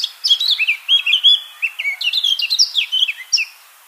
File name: Sylvia atricapilla